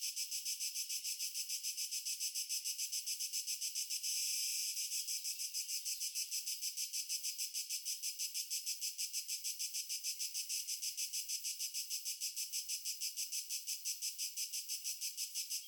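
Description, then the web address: Crickets give a continuous high trilling chorus of evenly pulsed chirps, briefly swelling once near the start and then pulsing steadily. Crickets in a natural ambience. "GDC 2023-Game Audio Bundle Stefano Cremona - Pure Nature Ambiences Crickets"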